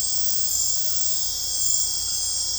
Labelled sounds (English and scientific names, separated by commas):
none